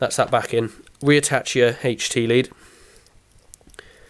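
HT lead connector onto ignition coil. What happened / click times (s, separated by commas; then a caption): The lead connector is being handled but has not yet snapped on / none. Someone talks for the first two and a half seconds while handling a motorcycle's high-tension lead connector, which is to be pushed onto the ignition coil until it snaps on. The talk is followed by quiet with a few faint, short ticks near the end. Nothing has seated or clicked yet.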